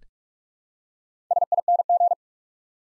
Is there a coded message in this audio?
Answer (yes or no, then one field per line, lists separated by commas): yes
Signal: Morse code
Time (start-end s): 1.3-2.1 s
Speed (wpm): 44 wpm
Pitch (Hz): 700 Hz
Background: none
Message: SING